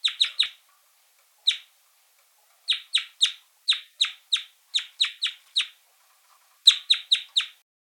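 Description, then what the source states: Red crossbill giving hard, high 'kip' calls, mostly in clipped groups of two to four, repeated steadily throughout with short gaps. Calls and song elements.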